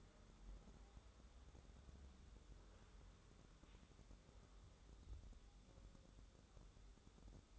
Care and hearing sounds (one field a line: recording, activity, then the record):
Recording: daily activity, microphone in the room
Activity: wipe stove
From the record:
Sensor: 3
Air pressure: 1015.0 hPa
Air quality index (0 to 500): 51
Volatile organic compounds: 1 ppm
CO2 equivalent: 657 ppm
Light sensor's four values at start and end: 15/38/15/16 and 15/38/15/16